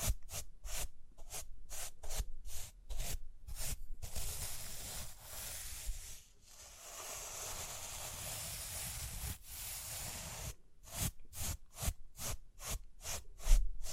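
Rhinestones are tapped in quick regular bursts, then brushed and scratched in a steady bright rasp for six seconds before tapping resumes.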